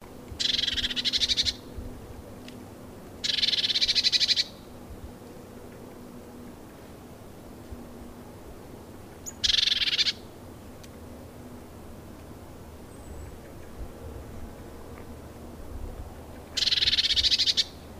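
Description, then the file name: Eurasian blue tit giving harsh, buzzy churring bursts, each about a second long, four bursts spaced irregularly with quiet gaps between them. "Cyanistes caeruleus"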